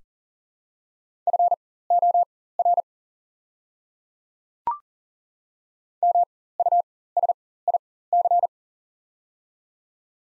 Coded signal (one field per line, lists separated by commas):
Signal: Morse code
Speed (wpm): 38 wpm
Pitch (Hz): 700 Hz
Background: none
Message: FOR MUSIC